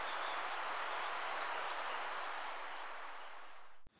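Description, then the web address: Yellow-throated bush tanager calls: six sharp, high downslurred chips about every half second, the last softer, then quiet. Recorded in Ecuador. "Birds of Ecuador. Yellow-throated Bush-Tanager"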